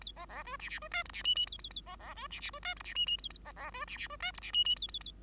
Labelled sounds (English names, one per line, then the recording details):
Bengalese Finch song
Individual Bird5